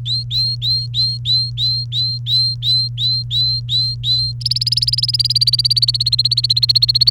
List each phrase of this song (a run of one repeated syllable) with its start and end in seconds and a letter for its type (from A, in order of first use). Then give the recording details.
0.06-4.32 A, 4.41-7.10 B. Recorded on 30 April 2018 at 07:38. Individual llb3